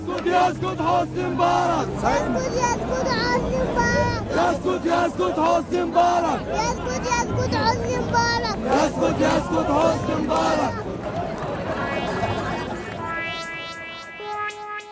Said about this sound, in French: Oh non, des enfants sont même de la partie. Oui, comme celui-ci, qui scande un slogan anti-Moubarak repris par la foule.